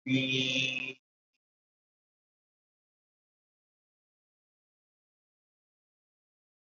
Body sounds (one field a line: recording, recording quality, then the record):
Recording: sustained vowel as in beet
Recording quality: excellent, no background noise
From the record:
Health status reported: COVID-19 positive, moderate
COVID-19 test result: positive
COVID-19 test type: RT-PCR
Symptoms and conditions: cough, cold, fever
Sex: male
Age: 70 years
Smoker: no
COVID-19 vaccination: both doses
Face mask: worn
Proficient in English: no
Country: India